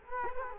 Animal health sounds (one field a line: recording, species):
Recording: mosquito wingbeat signal from an infrared sensor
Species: Culex quinquefasciatus